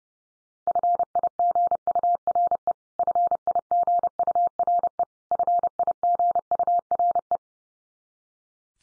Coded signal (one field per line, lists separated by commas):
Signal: Morse code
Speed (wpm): 30 wpm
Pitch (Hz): 700 Hz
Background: none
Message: FIGURE FIGURE FIGURE